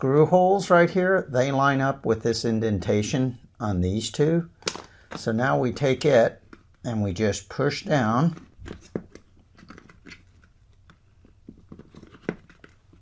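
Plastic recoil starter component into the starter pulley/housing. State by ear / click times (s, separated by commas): not seated / none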